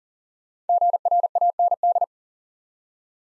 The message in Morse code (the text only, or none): GRAND